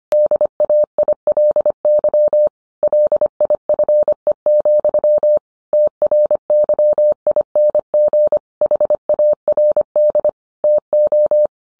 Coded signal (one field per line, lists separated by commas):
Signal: Morse code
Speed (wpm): 25 wpm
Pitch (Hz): 600 Hz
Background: none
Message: DAILY LIFE, TRYING HARD TO